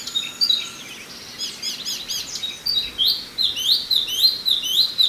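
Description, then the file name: Chinese hwamei song: a few scratchy twitters and mixed notes, then a lively series of repeated slurred whistles near the end, with soft background hiss. "suara alam hwamei mini"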